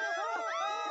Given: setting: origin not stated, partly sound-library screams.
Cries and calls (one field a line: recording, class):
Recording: one-second piece from a danger detection set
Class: woman in danger